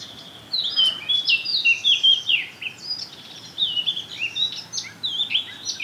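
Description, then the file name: Eurasian blackcap song: two rich warbled phrases mixing sweet whistles with quick scratchy notes, each lasting a couple of seconds. "Sylvia atricapilla"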